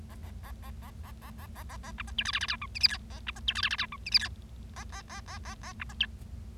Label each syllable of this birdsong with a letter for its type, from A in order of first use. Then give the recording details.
A A A A A A A A A A A B C D E F F G H I J K A B C D E F F G H I J K A A A A A A B C D. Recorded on 25 March 2012 at 16:02. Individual gy6or6